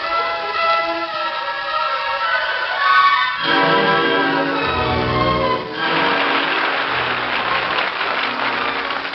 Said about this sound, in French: On applaudissait et pourtant il n'y avait personne dans la salle. Les applaudissements devenaient assourdissants. On aurait dit une fusillade.